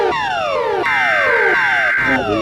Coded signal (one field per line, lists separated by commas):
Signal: Emergency Alert System (SAME) tones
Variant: header bursts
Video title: eas scenario catemojibabyheat part 29 in the city